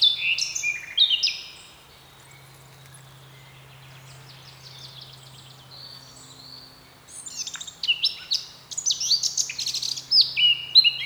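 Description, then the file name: Eurasian blackcap song: rich, fast warbled phrases with whistled notes, a burst at the start and a longer varied passage after a quiet gap; low steady hum beneath. "Sylvia atricapilla"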